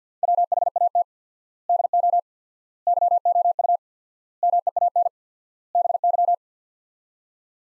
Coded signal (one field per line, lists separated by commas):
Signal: Morse code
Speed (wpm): 50 wpm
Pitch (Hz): 700 Hz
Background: none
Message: WHAT DO YOU MEAN BY